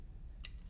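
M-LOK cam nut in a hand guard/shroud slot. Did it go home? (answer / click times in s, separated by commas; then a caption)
yes / 0.5 s. The second M-LOK cam nut on a Magpul M-LOK hand stop, backed off so it can rotate, is turned into place in a hand guard slot. A single sharp, bright tick sounds at 0.5 s over a low steady hum. The cam nut is seated.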